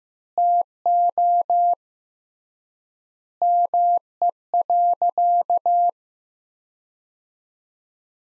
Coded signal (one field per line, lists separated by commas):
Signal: Morse code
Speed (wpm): 15 wpm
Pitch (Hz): 700 Hz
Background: none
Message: TO ME.